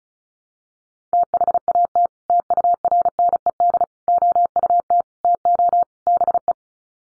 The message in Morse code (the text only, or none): THAT TURNED OUT TO BE